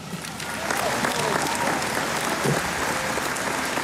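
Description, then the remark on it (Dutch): An audience at the 2022 national commemoration of the Dutch slavery past breaks into sustained applause for Klaas Knot, president of De Nederlandsche Bank, after his words of acknowledgement and apology. It is a dense, steady wash of clapping that swells in the first half second and holds at a constant level, with no voices standing out. “Klaas Knot, de president van de Nederlandse Bank, die applaus kreeg bij de woorden van erkenning en de excuses van de Nederlandse Bank.”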